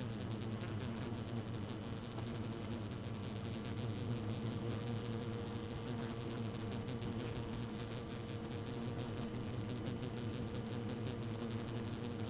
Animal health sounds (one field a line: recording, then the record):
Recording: honeybee colony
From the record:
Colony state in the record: active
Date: 12 June 2018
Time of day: 1:15